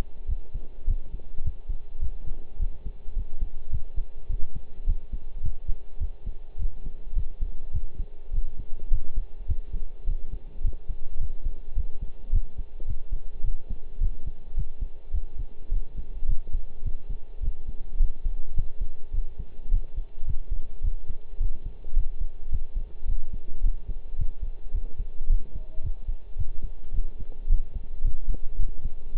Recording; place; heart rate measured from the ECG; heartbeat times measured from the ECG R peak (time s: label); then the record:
heart sounds by stethoscope; between the tricuspid and mitral areas; 106 bpm
0.28 s: heartbeat
0.87 s: heartbeat
1.44 s: heartbeat
2.02 s: heartbeat
2.60 s: heartbeat
3.16 s: heartbeat
3.72 s: heartbeat
4.29 s: heartbeat
4.87 s: heartbeat
5.43 s: heartbeat
6.01 s: heartbeat
6.59 s: heartbeat
7.16 s: heartbeat
7.74 s: heartbeat
8.33 s: heartbeat
8.91 s: heartbeat
9.48 s: heartbeat
10.07 s: heartbeat
10.64 s: heartbeat
11.20 s: heartbeat
11.76 s: heartbeat
12.32 s: heartbeat
12.88 s: heartbeat
13.44 s: heartbeat
14.01 s: heartbeat
14.57 s: heartbeat
15.14 s: heartbeat
15.71 s: heartbeat
16.28 s: heartbeat
16.85 s: heartbeat
17.42 s: heartbeat
18.00 s: heartbeat
18.56 s: heartbeat
19.13 s: heartbeat
19.71 s: heartbeat
20.27 s: heartbeat
20.83 s: heartbeat
21.40 s: heartbeat
21.96 s: heartbeat
22.52 s: heartbeat
23.07 s: heartbeat
23.63 s: heartbeat
24.18 s: heartbeat
24.74 s: heartbeat
25.29 s: heartbeat
25.84 s: heartbeat
26.38 s: heartbeat
26.93 s: heartbeat
27.49 s: heartbeat
28.04 s: heartbeat
28.59 s: heartbeat
29.15 s: heartbeat
From the record:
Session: pedaling a stationary bicycle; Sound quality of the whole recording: partially saturated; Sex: male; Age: 23 years